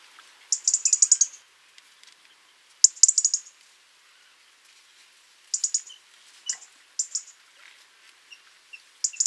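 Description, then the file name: European robin giving bursts of thin, very high ticking notes in short clusters, with faint softer tones in between. "Erithacus rubecula"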